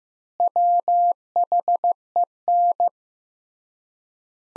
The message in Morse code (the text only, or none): WHEN